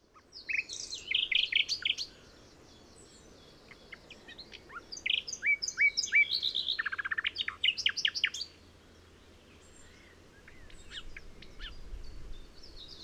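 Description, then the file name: Common nightingale song: rich, varied phrases of whistles, rapid repeated notes and buzzy trills in bursts. "Luscinia megarhynchos"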